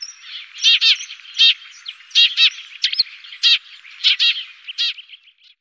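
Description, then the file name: Eurasian tree sparrow chirping, a lively, uneven series of harsh chirps with softer twittering between them. "Feldsperling"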